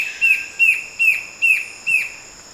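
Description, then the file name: Bird calls: five bright, clipped notes in a regular series, with a constant high insect buzz in the background. "SABIOD 50 bird 2015"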